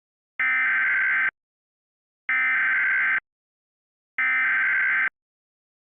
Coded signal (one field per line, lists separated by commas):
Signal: Emergency Alert System (SAME) tones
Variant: header bursts